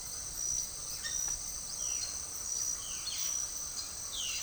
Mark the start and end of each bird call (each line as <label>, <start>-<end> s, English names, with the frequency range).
Violaceous Jay (1.8-5.1 kHz), 1.00-4.42 s